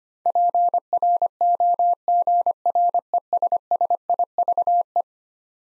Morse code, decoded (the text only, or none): PROGRESSIVE